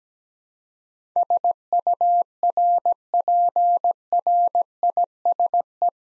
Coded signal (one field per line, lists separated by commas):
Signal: Morse code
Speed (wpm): 17 wpm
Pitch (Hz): 700 Hz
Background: none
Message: SURPRISE